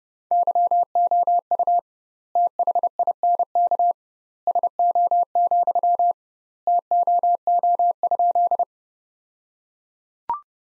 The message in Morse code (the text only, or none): YOU THINK SO, TOO?